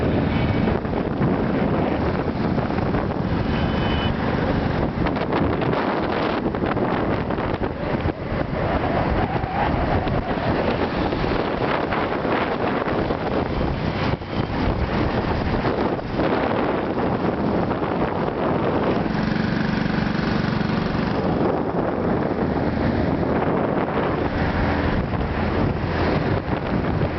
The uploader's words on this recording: Motorbike ride from Quang Nam into Da Nang. Riding into Da Nang City from south of town. WOOHOO WIND SOUNDS.